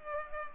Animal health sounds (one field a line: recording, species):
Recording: mosquito wingbeat signal from an infrared sensor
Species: Culex pipiens